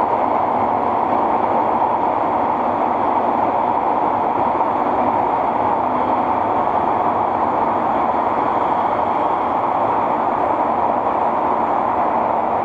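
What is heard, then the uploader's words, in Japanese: A subway train heard from inside a car while running between stations, a steady dense roar centred in the low-mid range. The loudness holds even for the whole stretch with no stops or announcements, just continuous rolling noise and faint high hiss. 横浜市営地下鉄10000形 日吉〜センター北。グリーンラインで録音。グリーンラインはリニアモーター方式でブルーラインより静かです。車体はオールアルミニウム合金製の無塗装車体とし、全長15.6m・片側3扉構造を持ち。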